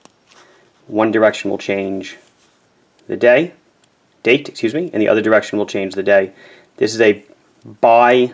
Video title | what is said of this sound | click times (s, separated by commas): Watch and Learn #1: General information about watches and uses | and I'll push it all the way back in and I'll pull it out one click | 0.1 s